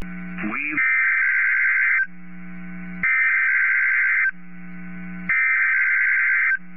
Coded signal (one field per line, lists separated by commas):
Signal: Emergency Alert System (SAME) tones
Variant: header bursts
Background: speech